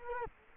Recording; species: mosquito wingbeat signal from an infrared sensor; Culex quinquefasciatus